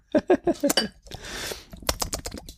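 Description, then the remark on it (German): A bowl is set down amid a quick run of light ceramic clinks, then a brief scraping rustle and a scatter of small taps and clatters. No one speaks. “Da schau mal, da kannst du die Schale rein tun.”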